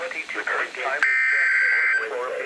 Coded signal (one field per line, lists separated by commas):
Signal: Emergency Alert System (SAME) tones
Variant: header bursts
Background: speech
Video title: NOAA Weather Radio EAS #67-71 See Dec.